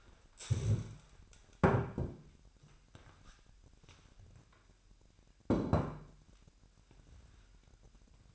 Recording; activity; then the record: daily activity, microphone in the room; stand up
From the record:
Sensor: 2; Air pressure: 998.4 hPa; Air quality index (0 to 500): 129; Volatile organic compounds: 3 ppm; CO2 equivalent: 1465 ppm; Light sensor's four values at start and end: 7/18/7/8 and 6/13/5/6